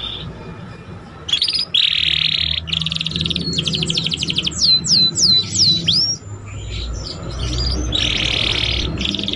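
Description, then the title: Belgian canary song opening with loud buzzy trills, then a series of clear whistled notes, ending in more rolling trills. Belgian canary song played to warm up young canaries and stimulate them to start singing and chirping quickly. "Canto Para Esquentar Canário Belga. SUARA KENARI PAUD CUIT CUIT BELAJAR BUNYI - pancingan kenari paud muda agar cepat bunyi dan ngeriwik"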